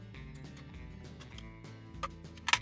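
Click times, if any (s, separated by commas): none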